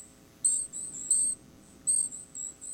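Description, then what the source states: Golden-crowned kinglet giving very high, thin, silvery call notes in short bursts separated by brief pauses. Thin silvery calls from the forest in winter; moves in small flocks, feeding at almost one peck per second through the short day.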